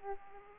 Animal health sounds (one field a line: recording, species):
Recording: mosquito wingbeat signal from an infrared sensor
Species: Aedes aegypti